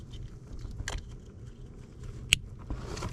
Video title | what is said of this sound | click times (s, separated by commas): REMOTE START Start-X 2017 Toyota Highlander 2014-2019, C-HR 2018-2019, Land Cruiser 2016-2018 | that click when you hear that click | 2.3 s